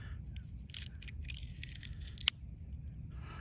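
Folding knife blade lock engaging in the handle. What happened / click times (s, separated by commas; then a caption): The folding knife's blade lock snapped into place despite grit in the action / 2.3 s. A Spyderco Native 5 Salt folding knife in MagnaCut, dunked in wet sand, is closed and reopened with sand in the action, giving gritty scraping sounds. The blade lock engages in the handle with a sharp click at 2.3 s, and the knife is confirmed locked.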